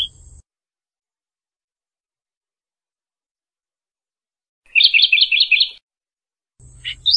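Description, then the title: Bird gives a short burst of rapid trilled chirps in the middle, with brief clipped fragments of song at the start and end. "burung"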